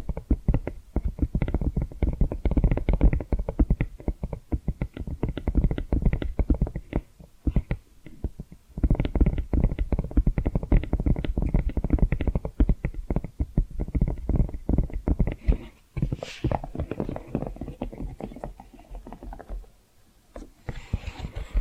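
Dense, rapid tapping and scratching runs almost nonstop, low and thumpy with brief pauses near 7.5, 15 and 20 seconds.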